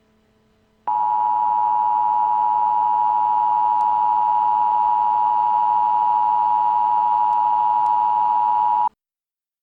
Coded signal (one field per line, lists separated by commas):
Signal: Emergency Alert System (SAME) tones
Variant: 853 and 960 Hz attention tone